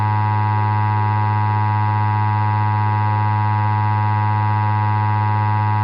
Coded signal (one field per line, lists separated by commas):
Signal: Emergency Alert System (SAME) tones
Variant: 853 and 960 Hz attention tone